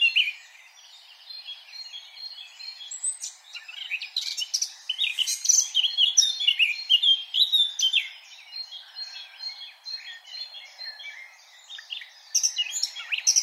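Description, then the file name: Eurasian blackcap giving a continuous, jumbled warble of squeaky and whistled notes, building after a quiet start, easing near eleven seconds, then resuming. "Sylvia atricapilla"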